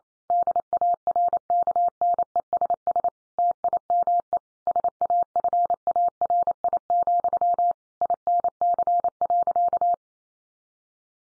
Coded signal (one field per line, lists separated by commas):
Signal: Morse code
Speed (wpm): 28 wpm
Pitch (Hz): 700 Hz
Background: none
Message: DARKNESS TIME SAFARI, INC.